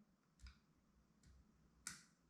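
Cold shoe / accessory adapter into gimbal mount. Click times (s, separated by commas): 1.9 s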